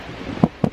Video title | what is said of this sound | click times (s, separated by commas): Can’t believe my Tundra didn’t come with these! | it did click further | 0.4 s, 0.6 s